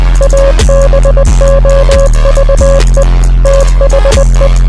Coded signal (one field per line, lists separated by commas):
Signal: Morse code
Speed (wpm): 20 wpm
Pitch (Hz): 550 Hz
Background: music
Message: ABOVE THE